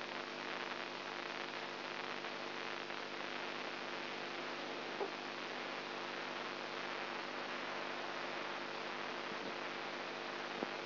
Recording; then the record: brain microelectrode recording played as sound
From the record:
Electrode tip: inside the subthalamic nucleus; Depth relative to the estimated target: -1 mm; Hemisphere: right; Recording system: AlphaMap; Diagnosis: Parkinson's disease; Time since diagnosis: 20 years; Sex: female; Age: 64 years